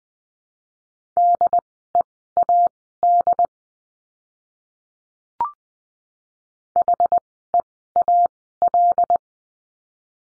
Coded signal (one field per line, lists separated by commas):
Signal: Morse code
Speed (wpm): 20 wpm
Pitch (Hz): 700 Hz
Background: none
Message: DEAD HEAL